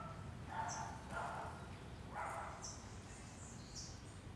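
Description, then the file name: Dog giving three short harsh barks in the first two and a half seconds, followed by thin high bird chirps over a low background rumble. Several small dogs barking while passing through a residential block in Asa Norte, Brasília, Brazil. "Cachorros Pequenos Latindo e Passando em Quadra Residencial da Asa Norte"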